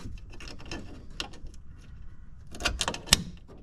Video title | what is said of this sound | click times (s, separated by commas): EP63: JEEP 02-06 WINDOW WON'T MOVE | And you'll hear it snap and you can see | 3.1 s